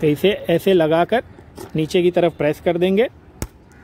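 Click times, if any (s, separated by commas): 3.4 s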